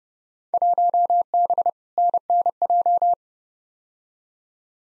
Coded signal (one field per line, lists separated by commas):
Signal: Morse code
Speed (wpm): 31 wpm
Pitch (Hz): 700 Hz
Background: none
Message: 1B NNJ